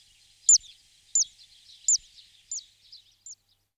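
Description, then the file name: Zitting cisticola song: six high, sharp 'zip' notes that grow fainter toward the end. "Cistovnik rakosnikovy Cisticola juncidis"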